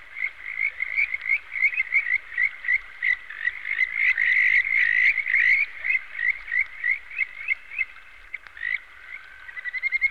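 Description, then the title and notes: Busy frog chorus of short rhythmic croaks, several callers overlapping, densest mid-way. "NHK Sound Effects Collection - 3-Frogs. NHK効果音集 - 3-カエル"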